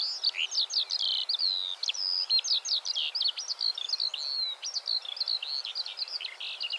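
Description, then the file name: Eurasian skylark pouring out a high, unbroken song of rapid chirps, slurred whistles and trills, varied and fast-paced throughout. "Eurasian Skylark Alauda arvensis"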